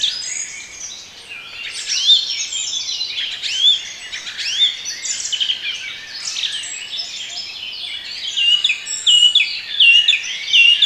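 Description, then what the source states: Birds in lively song, overlapping chirps and trills with repeated bright whistled phrases coming through toward the end. Bird sounds for relaxation.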